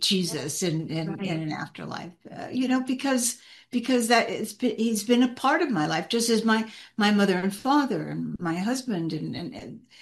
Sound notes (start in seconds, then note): none